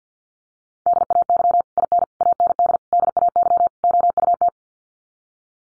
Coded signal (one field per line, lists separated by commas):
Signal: Morse code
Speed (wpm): 50 wpm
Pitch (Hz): 700 Hz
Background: none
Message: DAY IN AND DAY OUT